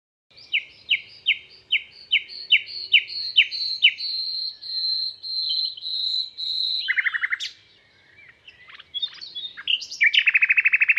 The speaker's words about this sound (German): Die Vögel singen wie zuvor. Ach, gedankenlose Vögel. So viele gebrochene Herzen müssen die Vögel singen hören